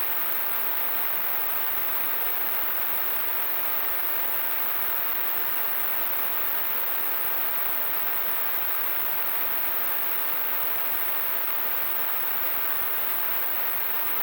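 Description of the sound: Simulated tinnitus: a steady, unbroken broadband hiss, strongest through the mid and high frequencies, with almost no low bass, constant in loudness throughout.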